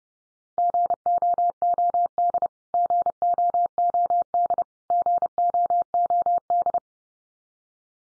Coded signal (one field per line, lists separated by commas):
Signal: Morse code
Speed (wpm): 30 wpm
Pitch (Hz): 700 Hz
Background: none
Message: GOOD GOOD GOOD